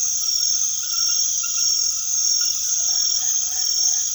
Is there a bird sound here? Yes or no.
no